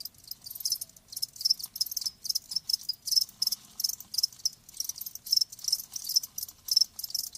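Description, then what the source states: Crickets chirping steadily in quick high-pitched pulsed bursts throughout. Crickets chirping, presented as lulling sleep sounds.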